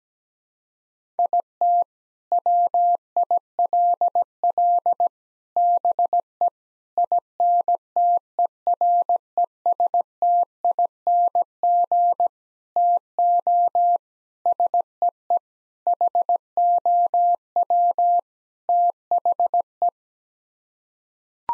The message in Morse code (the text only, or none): IT WILL BE INTERESTING TO SEE HOW THE